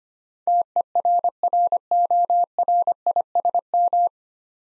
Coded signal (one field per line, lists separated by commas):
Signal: Morse code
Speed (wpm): 25 wpm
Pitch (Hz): 700 Hz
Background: none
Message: TERRORISM